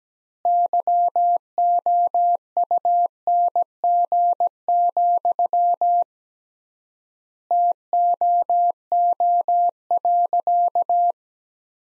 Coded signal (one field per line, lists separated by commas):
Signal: Morse code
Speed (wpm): 17 wpm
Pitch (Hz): 700 Hz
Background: none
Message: YOUNG, TOO.